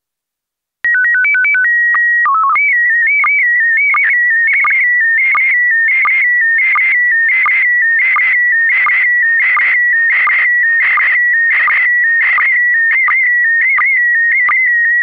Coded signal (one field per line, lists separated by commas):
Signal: SSTV (slow-scan television)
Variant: PD 90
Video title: Daily Minutes, November 24, 2016 (incl. SSTV in PD90)